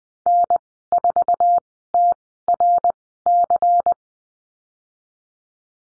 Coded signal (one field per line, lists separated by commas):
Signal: Morse code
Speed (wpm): 20 wpm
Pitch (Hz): 700 Hz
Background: none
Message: N4TRC